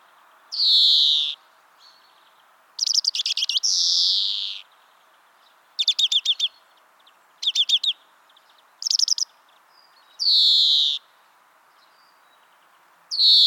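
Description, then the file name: European greenfinch giving long buzzy wheezes and short rapid twittering bursts, several phrases spaced irregularly. "Chloris chloris"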